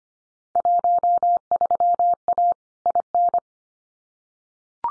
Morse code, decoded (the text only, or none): 13A IN